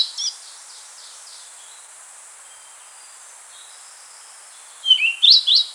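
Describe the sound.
Rufous-tailed flycatcher giving a short note at the start, a few faint notes, then a quick phrase of a few high, bright whistles near the end.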